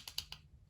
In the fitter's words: hear it click you know you're in good business